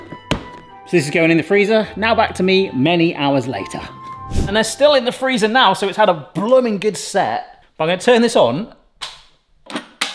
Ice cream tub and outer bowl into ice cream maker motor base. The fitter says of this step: locked into place and obviously the bananas aren't in there yet but we can see now it has got top